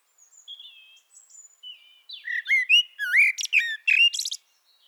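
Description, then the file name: Eurasian blackbird starting with soft thin notes that build into loud mellow warbling and shrill high squeaks. "Turdus merula"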